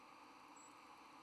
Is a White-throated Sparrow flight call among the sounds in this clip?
no